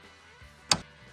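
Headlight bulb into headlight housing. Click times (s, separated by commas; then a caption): 0.7 s. A low beam headlight bulb is twisted into the headlight housing of a 2017–2022 Honda CR-V, and it seats with a single sharp click at 0.7 s over quiet background music. The bulb is confirmed completely in position.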